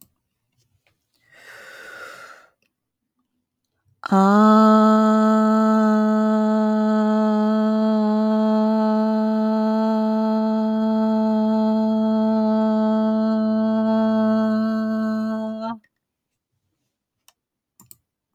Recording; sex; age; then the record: vowel held as long as possible; female; 20 to 29 years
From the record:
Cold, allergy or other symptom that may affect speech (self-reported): no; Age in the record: 29 years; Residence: California, United States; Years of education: 16